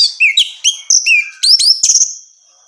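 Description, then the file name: Orange-headed thrush giving a quick string of slurred whistled notes that rise and fall, ending in a fading high tone. Female bird; recording made for therapy and training. "suara terapi anis merah betina"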